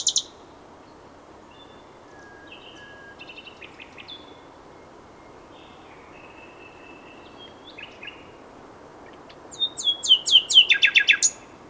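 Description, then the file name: Common nightingale singing quiet, thin whistled notes and a soft trill, ending in a loud burst of rapid, descending, repeated chirps. "Luscinia megarhynchos"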